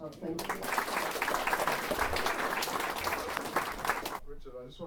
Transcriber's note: applause